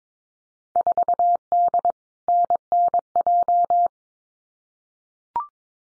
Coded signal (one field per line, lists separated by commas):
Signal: Morse code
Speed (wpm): 22 wpm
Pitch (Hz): 700 Hz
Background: none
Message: 4D NNJ